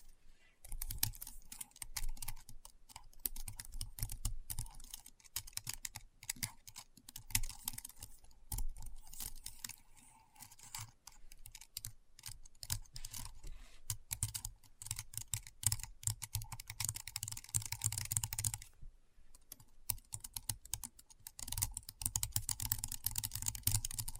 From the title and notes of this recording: ASMR Keyboard Sounds (No Talking).